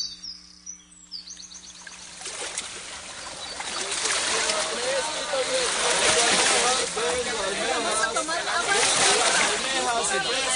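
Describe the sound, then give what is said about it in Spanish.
Water gushes from a garden hose used to water lettuces in a garden, starting quietly and swelling after a couple of seconds into a steady, hissing, splashing spray that keeps up loudly to the end. “Andá por la manguera. Uh-huh. Y tené mucho cuidado de no encharcar aquí en las lechugas, ¿ah?”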